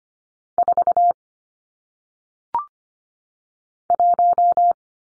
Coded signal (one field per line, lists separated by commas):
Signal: Morse code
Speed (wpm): 25 wpm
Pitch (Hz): 700 Hz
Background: none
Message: 4 1